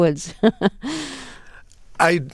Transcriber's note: soundbite of laughter